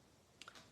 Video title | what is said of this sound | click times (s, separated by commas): How to Use Adoring Hearts Hybrid Embossing Folder | that this is it's just gonna lock into place. | 0.4 s